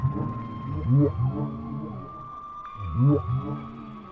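Whale song: repeated low arching grunts in two bursts, about two seconds apart, over a steady thin tone.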